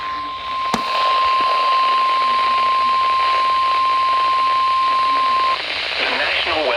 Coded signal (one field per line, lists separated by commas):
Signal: Emergency Alert System (SAME) tones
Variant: 1050 Hz attention tone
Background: speech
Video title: 2 Marine Warnings on KEC83 | 8/2/2019 (EAS #511-12)